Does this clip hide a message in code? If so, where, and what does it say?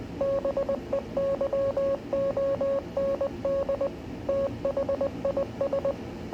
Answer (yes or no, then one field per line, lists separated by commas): yes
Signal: Morse code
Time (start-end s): 0.2-5.9 s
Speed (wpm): 20 wpm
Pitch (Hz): 550 Hz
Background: none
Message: BEYOND THIS